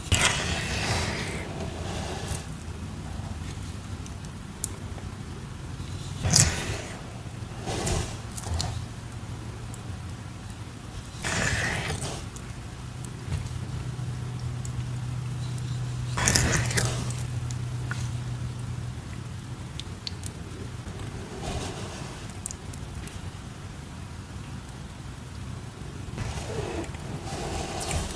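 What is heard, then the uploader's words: Cornstarch paste is worked and poured, with short bright squeaks and crunchy scrapes at about 1, 6, 11, 16, 21 and 26 seconds. Between them come soft wet rustling and a low steady hum, strongest around 7 to 19 seconds. Cornstarch Squeaks, Pouring Cornstarch Paste, Making Dyed Chalk Bombs.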